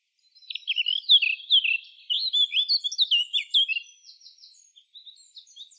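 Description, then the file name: Eurasian blackcap delivering a melodious, fluty warbling phrase of quick varied notes, fading into softer high twitters toward the end. "Sylvia atricapilla"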